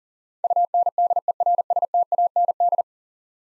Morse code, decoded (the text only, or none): UNDERSTAND